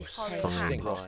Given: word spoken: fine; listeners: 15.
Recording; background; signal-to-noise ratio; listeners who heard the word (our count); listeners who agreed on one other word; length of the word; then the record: one English word in noise, from a listening test; four-talker babble; -0.3 dB; 0 of 15; 7 of 15; 0.68 s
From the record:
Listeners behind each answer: 7, 2, 1, 1, 1, 1, 1, 1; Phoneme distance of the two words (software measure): 7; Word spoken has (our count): 1 syllable, 3 phonemes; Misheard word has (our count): 1 syllable, 4 phonemes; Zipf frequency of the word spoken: 5.44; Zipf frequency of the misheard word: 5.89